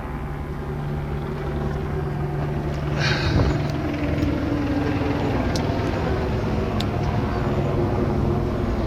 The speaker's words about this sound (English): Fuck, this helicopter's, like, circling right up here.